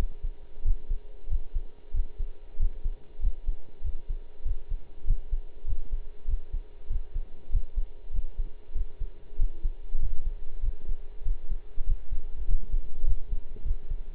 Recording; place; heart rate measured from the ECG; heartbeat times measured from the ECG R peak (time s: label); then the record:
heart sounds by stethoscope; between the tricuspid and mitral areas; 97 bpm
0.64 s: heartbeat
1.29 s: heartbeat
1.93 s: heartbeat
2.58 s: heartbeat
3.21 s: heartbeat
3.83 s: heartbeat
4.44 s: heartbeat
5.06 s: heartbeat
5.66 s: heartbeat
6.26 s: heartbeat
6.89 s: heartbeat
7.51 s: heartbeat
8.12 s: heartbeat
8.74 s: heartbeat
9.37 s: heartbeat
9.99 s: heartbeat
10.61 s: heartbeat
11.24 s: heartbeat
11.86 s: heartbeat
12.46 s: heartbeat
13.05 s: heartbeat
13.63 s: heartbeat
From the record:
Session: pedaling a stationary bicycle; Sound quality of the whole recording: partially saturated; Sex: male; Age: 23 years